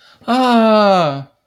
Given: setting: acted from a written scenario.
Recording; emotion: vocal sound without words; elation